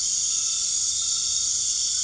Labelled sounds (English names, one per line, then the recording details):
none
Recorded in dense forest near Puerto Asís, Putumayo, Colombia, on 12 March 2025 at 20:30
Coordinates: 0.485, -76.318
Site G056